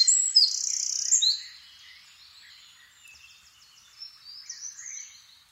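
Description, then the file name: Eurasian wren song, a short burst of loud, high, shrill notes and trills, followed by faint high bird notes. "Troglodytes troglodytes"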